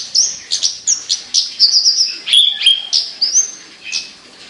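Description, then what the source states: Javan bush lark singing high chirps and thin slurred whistles in a quick, irregular sequence. Local name branjangan; described as gacor, singing actively; labelled Petir.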